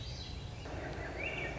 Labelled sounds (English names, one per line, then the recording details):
Swainson's Thrush
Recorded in Sonoma County, California